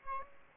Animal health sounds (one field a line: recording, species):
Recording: mosquito wingbeat signal from an infrared sensor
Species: Aedes albopictus